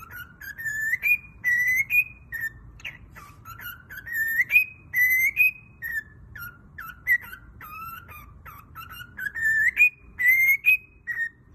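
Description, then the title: Cockatiel whistling in repeated phrases of rising, slurred whistles that climb to a held high note, with choppier chirp-like notes between phrases and brief pauses. Cockatiels, more than one, singing in whistles. "Calopsitas Cantando Assobio"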